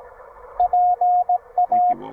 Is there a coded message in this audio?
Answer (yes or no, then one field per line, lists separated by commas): yes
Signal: Morse code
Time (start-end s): 0.6-1.9 s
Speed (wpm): 18 wpm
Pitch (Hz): 690 Hz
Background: speech, radio noise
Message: PA